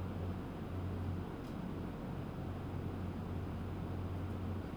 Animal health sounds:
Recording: poultry house recording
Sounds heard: no chicken sound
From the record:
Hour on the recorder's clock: 17

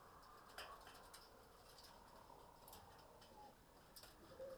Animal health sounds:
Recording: poultry house recording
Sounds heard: healthy chickens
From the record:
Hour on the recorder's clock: 19

